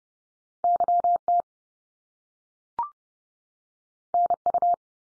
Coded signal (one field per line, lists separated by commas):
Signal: Morse code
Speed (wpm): 30 wpm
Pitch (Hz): 700 Hz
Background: none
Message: YT NU